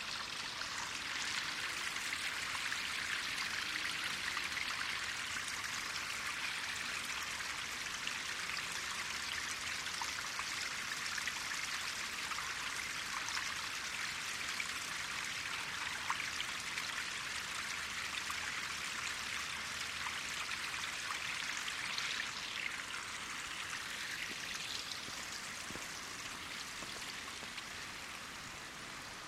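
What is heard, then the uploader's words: A winter forest park filled with a steady rush of flowing water, like a stream or trickle, dense and bright with constant fine splashing detail. The sound holds even throughout, easing slightly softer in the last few seconds. Forest Park in Winter.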